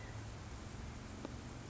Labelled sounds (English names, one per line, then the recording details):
California Quail
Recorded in Sonoma County, California